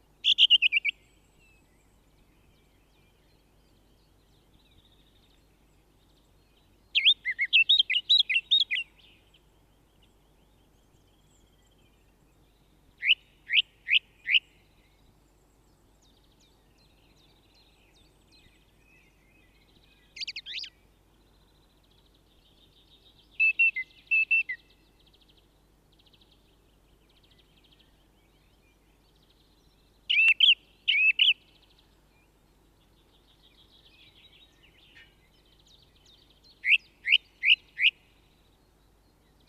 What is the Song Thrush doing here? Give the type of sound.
song